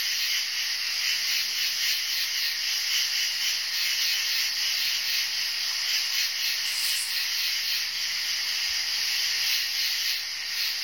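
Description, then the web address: Insect buzzing, a steady high hiss with fine rhythmic pulsing that carries on without pause; a single soft low thump near the end. "animali insetti insetti insect"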